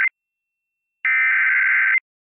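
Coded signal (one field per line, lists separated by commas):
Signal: Emergency Alert System (SAME) tones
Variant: header bursts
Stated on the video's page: Fictional EAS scenario with valid EAS tones.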